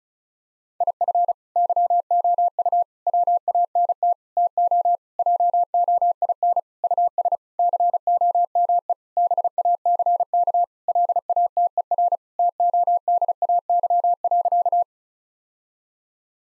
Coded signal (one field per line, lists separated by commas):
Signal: Morse code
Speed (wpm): 35 wpm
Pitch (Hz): 700 Hz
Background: none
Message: IF YOU WANT TO JOIN US COME BACK LATER TODAY.